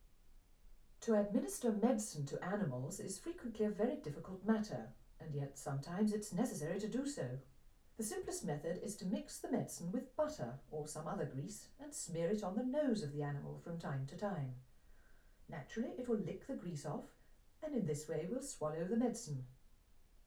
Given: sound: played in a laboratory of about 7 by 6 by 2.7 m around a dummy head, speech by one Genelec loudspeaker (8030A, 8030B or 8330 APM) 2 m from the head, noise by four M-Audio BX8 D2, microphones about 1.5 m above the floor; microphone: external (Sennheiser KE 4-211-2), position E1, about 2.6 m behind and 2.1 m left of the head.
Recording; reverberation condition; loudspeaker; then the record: female speech in English; low; 60 degrees to the left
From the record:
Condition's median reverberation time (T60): about 310 ms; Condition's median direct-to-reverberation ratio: about 3.5 dB